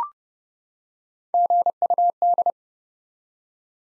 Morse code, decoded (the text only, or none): GUD